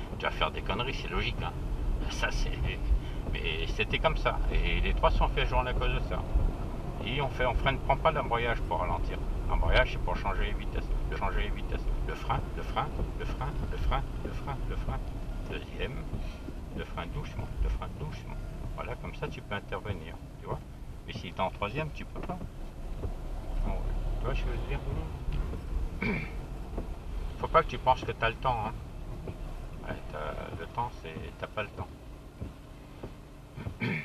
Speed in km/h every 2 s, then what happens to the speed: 34, 32, 34, 40, 38, 36, 32, 24, 18, 14, 14, 21, 22, 20, 11, 5, 2.
3-6 speeds up to 40. 6-18 slows to 14. 18-25 speeds up to 22. 25-34 slows to 2.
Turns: none.